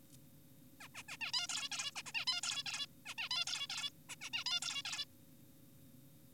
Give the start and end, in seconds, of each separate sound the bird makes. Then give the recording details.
0.81-0.88, 0.95-1.03, 1.09-1.17, 1.21-1.32, 1.34-1.47, 1.49-1.69, 1.72-1.91, 1.96-2.02, 2.06-2.12, 2.15-2.25, 2.27-2.41, 2.43-2.63, 2.66-2.86, 3.06-3.14, 3.18-3.29, 3.31-3.45, 3.47-3.67, 3.70-3.90, 4.09-4.16, 4.21-4.30, 4.33-4.44, 4.46-4.60, 4.62-4.82, 4.85-5.05. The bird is an adult. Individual g4p5U